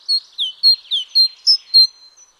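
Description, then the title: Great tit song: a brisk run of high clear whistles alternating with lower downslurred notes, evenly spaced throughout. Nominate subspecies Parus major major. "G3latik b4t0. Great Tit (Parus major major)"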